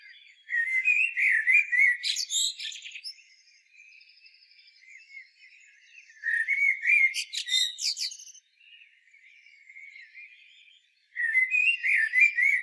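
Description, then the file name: Common blackbird singing three phrases of mellow warbles mixed with squeaky high twitters, separated by quiet gaps. "Turdus merula"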